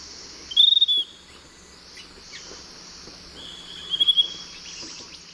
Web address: Natures Songs S America Eastern Lowlands. Legatus leucophaius, song